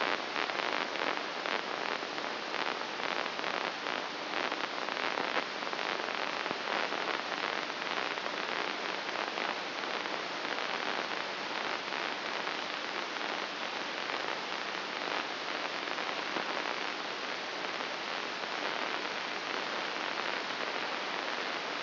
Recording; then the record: brain microelectrode recording played as sound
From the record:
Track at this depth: inside the subthalamic nucleus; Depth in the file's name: 3.42 mm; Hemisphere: left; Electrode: 2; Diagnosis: Parkinson's disease